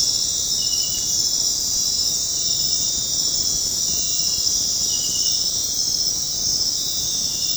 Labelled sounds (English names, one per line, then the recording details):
none
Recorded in dense forest near Puerto Asís, Putumayo, Colombia, on 18 February 2024 at 21:30
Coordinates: 0.503, -76.322
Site G6418